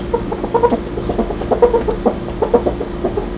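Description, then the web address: Ferret making low clucking sounds in an uneven chuckling series of short husky notes in quick succession. Pet ferret. "ferrets Sounds Sammy"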